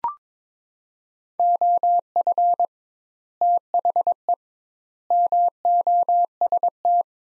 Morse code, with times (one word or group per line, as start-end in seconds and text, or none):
1.4-2.7 OF
3.4-4.3 THE
5.1-7.0 MOST